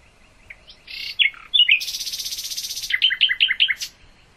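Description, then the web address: Common nightingale song: scattered soft notes, then a loud rapid buzzy trill lasting about a second, followed by a quick series of rich whistled chuckling notes. "hoeren nachtigall"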